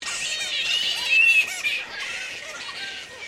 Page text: Animal Black Flying Fox Group Call. Flying foxes (bats) in Noosa Queensland